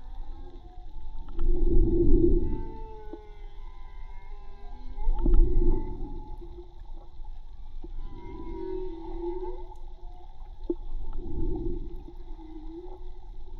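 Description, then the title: Whale song, four loud groans spaced roughly three seconds apart, with rising sweeps and moans between, over low rumble. Recorded with a hydrophone from a boat at Tribugá; hydrophone listening presented as sustainable tourism avoiding disturbance by motorboats. "CANTO DE BALLENAS HIDROFONO MAGMA TRIBUGA J BARCO"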